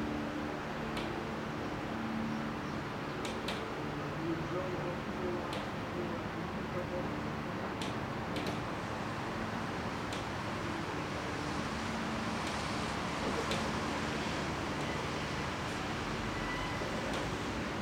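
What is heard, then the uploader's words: Rain drops tap on a plastic roof over a steady, dense rumble of traffic, with cars driving by throughout. Brief sharp clicks break through every second or two, and faint low tones hum underneath the whole time. A wet spring in Delfshaven. A wet, spring day on my balcony. Recorded in Rotterdam by Joris Frowein.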